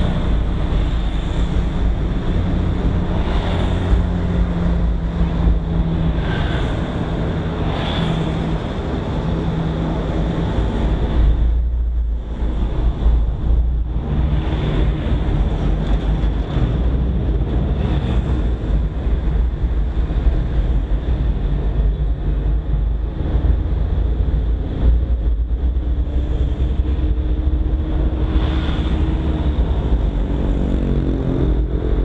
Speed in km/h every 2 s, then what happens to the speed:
5, 5, 5, 3, 3, 4, 7, 12, 14, 16, 18, 21, 24, 26, 25, 26.
0-9 steady at about 5. 9-32 speeds up to 26.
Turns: none.